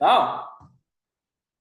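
Someone talks briefly while fitting a metal beater (dasher) onto the drive shaft inside the freezing cylinder of a Taylor soft-serve machine. The voice fades out by about 0.8 s, followed by silence. The beater is only being handled, and nothing has seated or clicked yet.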